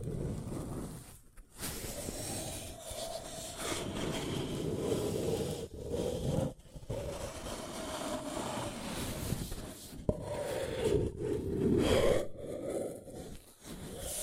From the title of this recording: Paper Cup Tingles